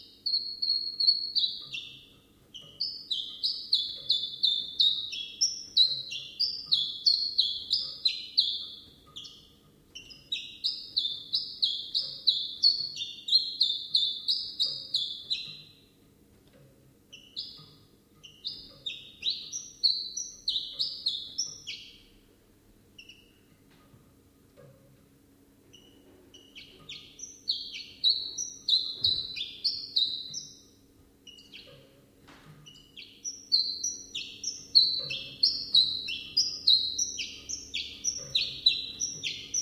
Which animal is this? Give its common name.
Common Chiffchaff